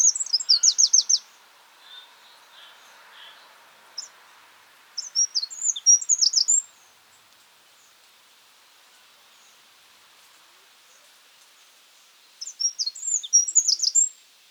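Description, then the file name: Eurasian wren, three fast high-pitched bursts of crisp, trilled notes separated by long pauses, over a faint steady background hiss. "Troglodytes troglodytes"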